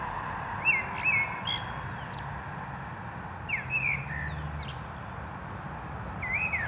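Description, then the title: Common blackbird song: mellow whistled phrases, each ending in a thin high twitter, repeated every few seconds over a constant hum of cars. Canal dike at Anderlecht, Brussels-Capital, Belgium, with car traffic; recorded using a Lom mikroUsi Pro microphone into a Zoom F3. "Digue du Canal, Anderlecht, Bruxelles-Capitale, Belgique - Blackbird and cars"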